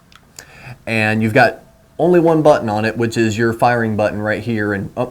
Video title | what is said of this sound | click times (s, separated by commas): Atopack Dolphin AIO Kit by JOYETECH (ALL IN ONE VAPE KIT REVIEW)) | you're gonna wanna line those up and then it's gonna click right into place | 0.2 s, 0.4 s